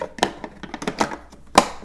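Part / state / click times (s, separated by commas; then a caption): vacuum accessory tool into onboard holder / seated / 1.6 s. A second plastic accessory tool, turned the other way, is pushed into its onboard storage clip on a Sanitaire EON Allergen SC5505A upright commercial vacuum. Light knocks and handling taps come first, then a loud, sharp snap at 1.6 s. The tool seats in the holder.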